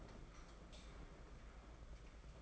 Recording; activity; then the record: daily activity, microphone in the room; light off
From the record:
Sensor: 5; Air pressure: 992.1 hPa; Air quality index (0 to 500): 206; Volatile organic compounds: 1000 ppm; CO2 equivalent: 5955 ppm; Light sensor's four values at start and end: 9/22/8/9 and 8/19/7/8